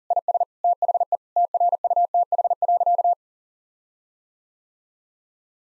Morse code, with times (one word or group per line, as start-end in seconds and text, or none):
0.1-0.4 IS
0.6-1.2 THE
1.4-3.1 TRUTH.